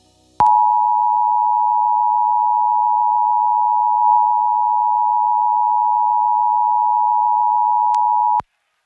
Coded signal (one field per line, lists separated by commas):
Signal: Emergency Alert System (SAME) tones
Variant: 853 and 960 Hz attention tone